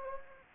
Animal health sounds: mosquito wingbeat signal from an infrared sensor; Anopheles gambiae

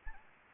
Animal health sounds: mosquito wingbeat signal from an infrared sensor; Anopheles arabiensis

